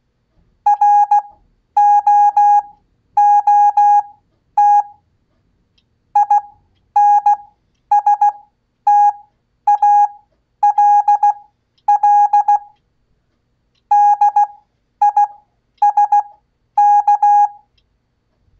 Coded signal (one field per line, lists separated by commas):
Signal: Morse code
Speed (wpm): 16 wpm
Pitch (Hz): 820 Hz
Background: none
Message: ROOT INSTALL DISK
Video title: Ham Radio Live! Code 1 Show! Learn Morse Code (CW) In 60 Days Or Less! Watch Multiple Times To Grow!